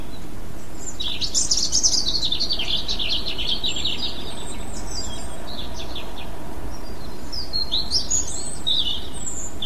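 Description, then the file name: European robin singing thin, high, quickly changing warbled phrases, with scattered very high sharp notes near the end, against a constant low background hum. "rouge gorge"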